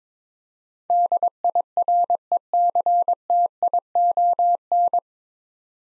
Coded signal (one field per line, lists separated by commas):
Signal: Morse code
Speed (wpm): 22 wpm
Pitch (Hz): 700 Hz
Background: none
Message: DIRECTION